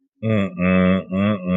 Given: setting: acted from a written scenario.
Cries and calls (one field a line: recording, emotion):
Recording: vocal sound without words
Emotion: contempt